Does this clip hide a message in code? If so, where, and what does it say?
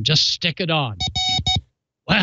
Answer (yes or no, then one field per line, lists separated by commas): no